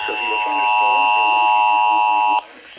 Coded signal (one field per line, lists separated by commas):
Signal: Emergency Alert System (SAME) tones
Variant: 853 and 960 Hz attention tone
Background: speech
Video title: SUNDAY STORMS... EAS Alerts from 5/22/22 (EAS #952-968)